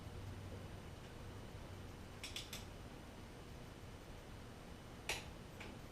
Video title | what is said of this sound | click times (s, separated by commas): FINALLY!!! | There's our click. | 5.1 s